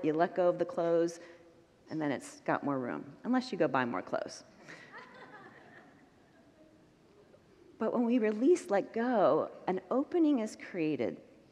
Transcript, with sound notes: you let go of the clothes, and then it’s got more room… unless you go buy more clothes. [Congregants laugh] But when we release/let go, an opening is created.